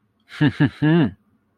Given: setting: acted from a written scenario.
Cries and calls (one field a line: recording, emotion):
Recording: vocal sound without words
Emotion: pride